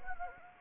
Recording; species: mosquito wingbeat signal from an infrared sensor; Anopheles gambiae